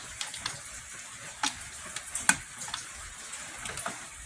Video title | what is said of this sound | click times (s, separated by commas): Dodge Durango Oil Cooler Replacement: How It Should Have Been Done. | Hear that? Mm-hmm. That click? I don't like that. | 2.3 s